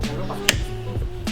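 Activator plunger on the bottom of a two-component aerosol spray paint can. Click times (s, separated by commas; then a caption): 0.5 s. The red activator button on the bottom of a two-component (epoxy and hardener) aerosol spray paint can is pushed in hard until it pops, releasing the hardener into the paint. A sharp pop is heard at 0.5 s over a steady background of music, confirming the button is pressed in and seated.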